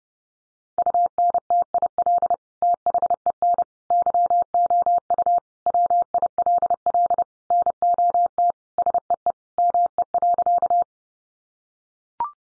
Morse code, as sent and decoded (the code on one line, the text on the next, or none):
..- -. - .. .-.. / - .... . -. / -.-- --- ..- / .-- .. .-.. .-.. / -. --- - / ... . . / -- . .-.-.-
UNTIL THEN YOU WILL NOT SEE ME.